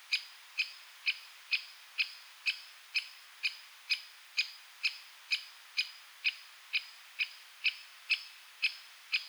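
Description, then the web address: Great spotted woodpecker calling with sharp, high kik notes repeated steadily about twice a second throughout, over a quiet background. "Aktivitetsbanken. Fuglelyder Flaggspett"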